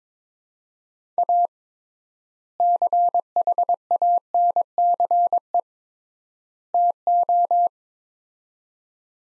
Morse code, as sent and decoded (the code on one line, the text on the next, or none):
.- / -.-. .... .- -. -.-. . / - ---
A CHANCE TO